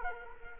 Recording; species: mosquito wingbeat signal from an infrared sensor; Culex quinquefasciatus